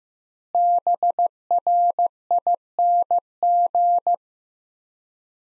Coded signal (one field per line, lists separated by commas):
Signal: Morse code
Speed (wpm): 15 wpm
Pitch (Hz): 700 Hz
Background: none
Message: BRING